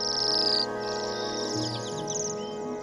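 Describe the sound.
Waxwing calls, thin high trilled notes that slide slightly downward and repeat in a loose series over steady soft background music.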